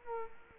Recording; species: mosquito wingbeat signal from an infrared sensor; Culex quinquefasciatus